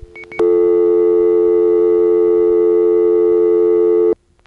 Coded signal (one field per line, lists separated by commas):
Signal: telephone call progress tone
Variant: North America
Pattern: dial tone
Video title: How I Became a Phone Phreak pgm. 8: Kennedy Airport Phone Trip, December 1970